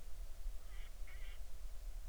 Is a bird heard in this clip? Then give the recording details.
yes. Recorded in the Arctic National Wildlife Refuge, Alaska, on 20 July 2019 at 02:50. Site 38